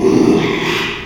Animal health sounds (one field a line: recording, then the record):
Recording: squeal of a Yucatan mini pig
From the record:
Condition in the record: after surgery on the right vocal fold (resection and tissue-engineered implant)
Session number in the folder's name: 1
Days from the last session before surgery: 6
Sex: male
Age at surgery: 12 weeks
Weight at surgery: 13 kg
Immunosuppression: cyclosporine, prednisolone